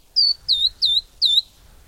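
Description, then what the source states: Verdin giving four high, thin whistled notes, each sliding downward. Tiny bird of the Southwest that builds special nests to roost in during cold desert winter nights.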